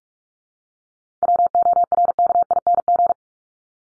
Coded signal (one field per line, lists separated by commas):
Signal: Morse code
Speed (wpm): 44 wpm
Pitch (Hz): 700 Hz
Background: none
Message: WORKING